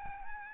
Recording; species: mosquito wingbeat signal from an infrared sensor; Aedes albopictus